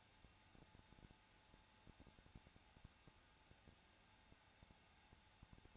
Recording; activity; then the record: daily activity, microphone in the room; no activity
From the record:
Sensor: 2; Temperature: 21.0 degrees Celsius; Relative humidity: 34.2%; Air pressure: 994.4 hPa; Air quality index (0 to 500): 172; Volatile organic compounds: 3 ppm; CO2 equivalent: 1335 ppm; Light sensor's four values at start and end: 2/3/2/2 and 2/3/2/2